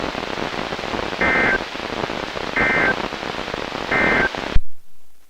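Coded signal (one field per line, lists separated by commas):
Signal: Emergency Alert System (SAME) tones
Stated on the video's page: Winter Storm Warning from NOAA Weather Radio transmitters on 162.550 and 162.475 MHz, received on many weather radios.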